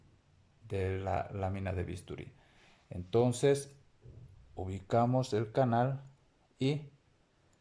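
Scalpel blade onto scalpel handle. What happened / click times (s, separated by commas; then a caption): The small metal part is being positioned but has not clicked into place / none. A metal scalpel blade is being handled toward the groove of a metal scalpel handle with a needle holder, to be pushed until it clicks into place, showing the blade is secure on the handle. Someone talks throughout, with only faint handling sounds underneath. Nothing has seated or clicked yet; the blade is not yet home.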